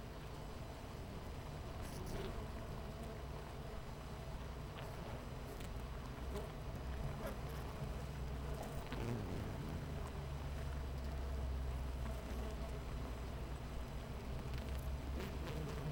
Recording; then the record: honeybee colony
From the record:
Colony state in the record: missing queen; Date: 14 July 2017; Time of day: 8:29